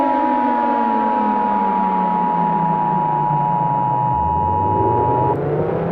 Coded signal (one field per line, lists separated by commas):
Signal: Emergency Alert System (SAME) tones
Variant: 853 and 960 Hz attention tone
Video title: EAS Scenario #11: Hurricane Hell